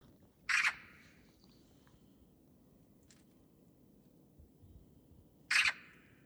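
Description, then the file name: Eurasian magpie giving two harsh, raspy single squawks about five seconds apart, with quiet background between them. "Pica pica"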